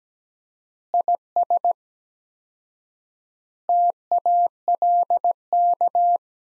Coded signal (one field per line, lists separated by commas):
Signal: Morse code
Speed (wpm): 17 wpm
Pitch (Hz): 700 Hz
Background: none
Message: IS TALK